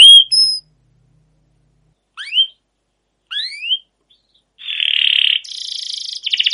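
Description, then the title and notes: Canary song in bursts: brief whistles, rising swept notes after silences, then buzzy rattling phrases toward the end. Long continuous canary song used as a lure to train other canaries to sing. "CUIT CUIT NGEROL LANGSUNG GACOR PANJANG Kenari Ini AMPUH Utk Pancingan KENARI. burung kenari"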